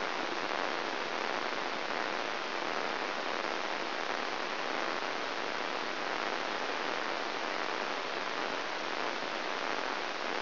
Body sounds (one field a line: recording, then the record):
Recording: brain microelectrode recording played as sound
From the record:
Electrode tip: inside the subthalamic nucleus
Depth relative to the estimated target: 0.4 mm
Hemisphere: right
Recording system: AlphaMap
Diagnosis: Parkinson's disease